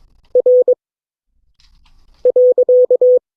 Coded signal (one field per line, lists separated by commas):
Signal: Morse code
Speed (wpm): 22 wpm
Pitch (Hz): 500 Hz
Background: none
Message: R.